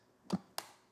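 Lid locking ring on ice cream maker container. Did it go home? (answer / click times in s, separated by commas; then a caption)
yes / 0.3 s, 0.6 s. A plastic locking ring is twisted onto the frozen container lid of an ice cream maker, giving a soft click with a low thump at 0.3 s and a sharper, louder, brighter click at 0.6 s, each fading quickly. The lock clicks home, and the machine's safety switch stops blinking, showing the lid is properly installed.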